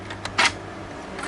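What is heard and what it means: A door lock mechanism in a door is operated so its bolt or latch locks, giving a short, sharp click at 0.3 s followed by a louder, broader mechanical burst around 0.4 to 0.5 s. The lock clicks firmly into its locked position with a solid sound.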